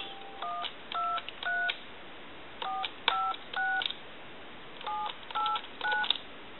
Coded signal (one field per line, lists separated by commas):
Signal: DTMF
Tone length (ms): 210 ms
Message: 123 456 789